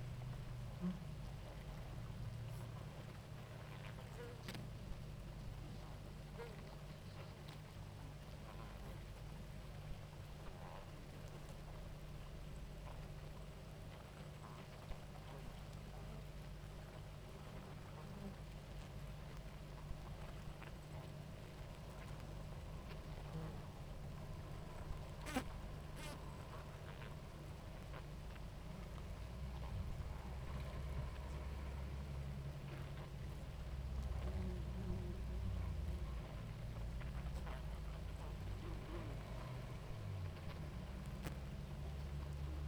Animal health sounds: honeybee colony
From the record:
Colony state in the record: active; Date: 28 July 2017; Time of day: 18:32

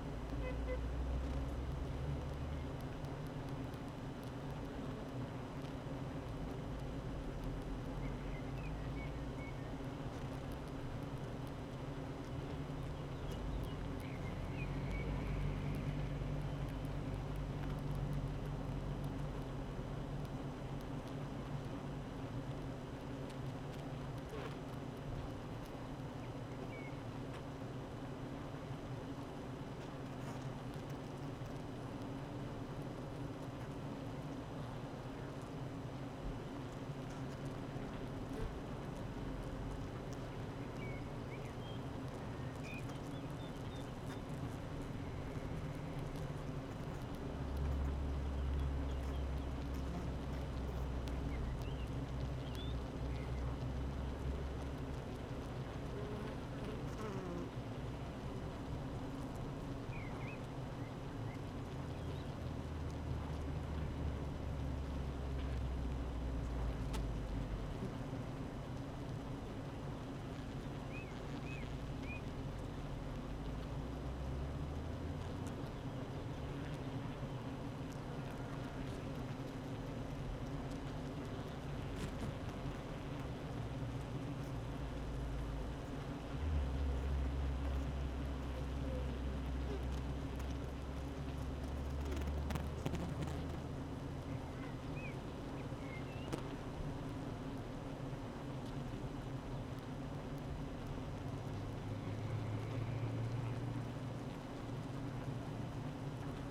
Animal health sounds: honeybee colony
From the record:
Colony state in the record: active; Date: 12 June 2018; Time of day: 8:23

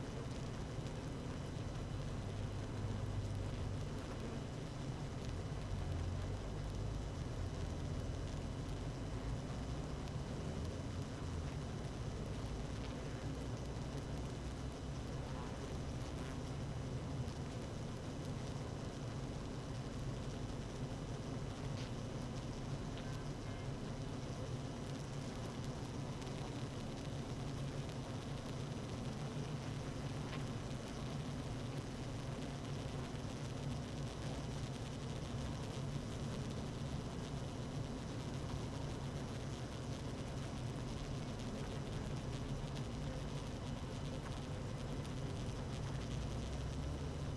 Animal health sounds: honeybee colony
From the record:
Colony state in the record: active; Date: 12 June 2018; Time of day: 17:24

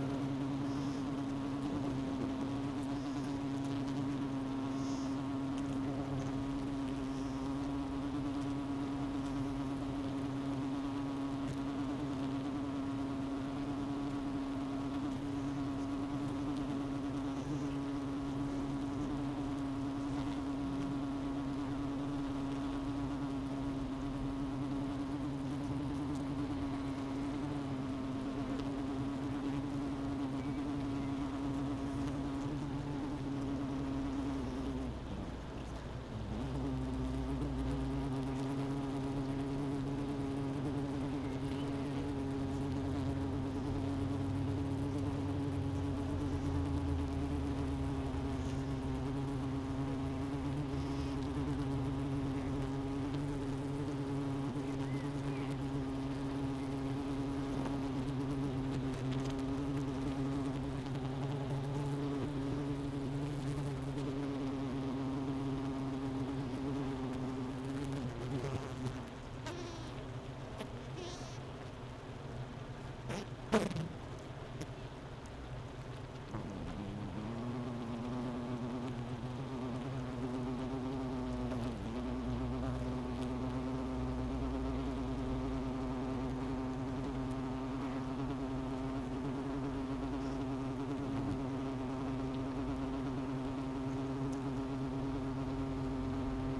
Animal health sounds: honeybee colony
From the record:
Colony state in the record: missing queen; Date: 31 May 2018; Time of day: 11:13

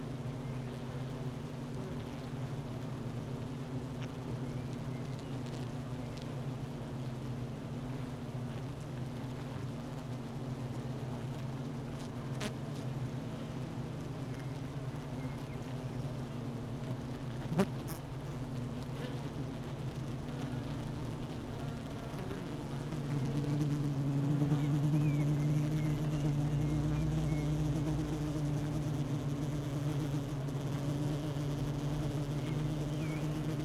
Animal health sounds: honeybee colony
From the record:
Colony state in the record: missing queen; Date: 31 May 2018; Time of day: 12:50

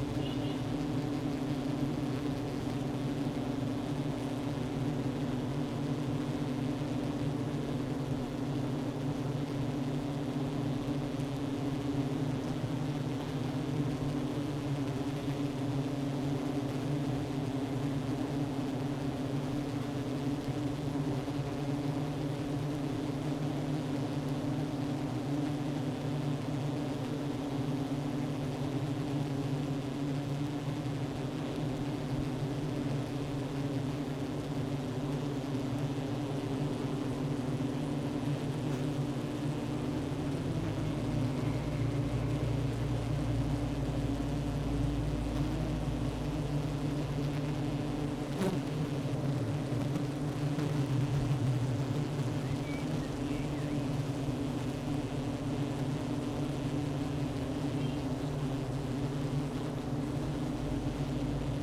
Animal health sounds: honeybee colony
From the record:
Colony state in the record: active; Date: 12 June 2018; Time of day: 11:06

